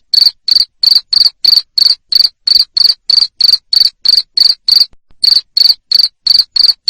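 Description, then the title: Insistent cricket chirps, evenly spaced and about three each second, broken by a single short silence before resuming. Loud cricket chirping played to stimulate lovebirds to keep singing in the 'ngekek' style. "Suara JANGKRIK NGERIK Keras Bikin LOVEBIRD Jadi NGEKEK Terus Vubey"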